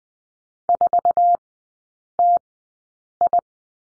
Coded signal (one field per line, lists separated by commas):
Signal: Morse code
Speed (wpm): 20 wpm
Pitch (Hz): 700 Hz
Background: none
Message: 4TI